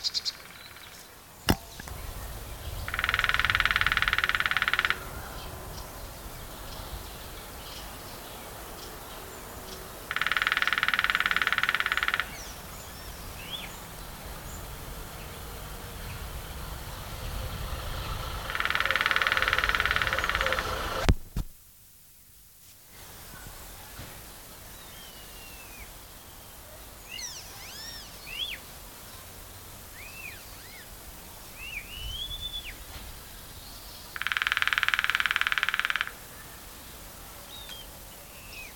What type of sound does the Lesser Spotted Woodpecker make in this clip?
drumming